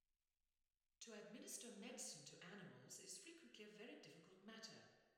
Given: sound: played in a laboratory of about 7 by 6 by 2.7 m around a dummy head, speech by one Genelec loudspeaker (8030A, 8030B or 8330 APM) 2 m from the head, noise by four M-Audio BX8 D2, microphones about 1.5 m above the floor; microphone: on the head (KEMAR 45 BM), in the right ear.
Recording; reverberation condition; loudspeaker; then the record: female speech in English; high; 30 degrees to the right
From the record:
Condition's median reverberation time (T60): about 1300 ms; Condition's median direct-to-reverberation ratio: about -4.0 dB